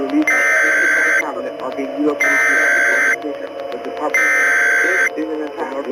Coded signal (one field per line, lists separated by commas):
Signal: Emergency Alert System (SAME) tones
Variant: header bursts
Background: speech